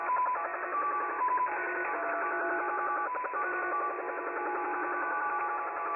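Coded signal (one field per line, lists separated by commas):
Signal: unidentified radio signal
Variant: Slot Machine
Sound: rapid chiming multi-tone chords jangling like a slot machine, with a steady tone between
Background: radio static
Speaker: this is an unknown signal comes out of of Japan it's called the slot machine no one knows what it's for or why why it's there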